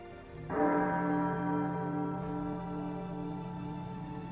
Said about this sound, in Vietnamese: Âm thanh chuông vàng mang theo cảm giác hùng hậu, vang vọng cả quảng trường, chứng minh lời nói, chứng minh bản tâm.